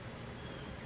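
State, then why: Not seated. A brake pad (shoe) is handled while being pressed back into the brake caliper on the front brake of a 1999 Dodge Dakota pickup truck. A steady, high-pitched tone near 8 kHz runs over a low rumble with no sharp hits and no talking. Nothing has seated or clicked yet.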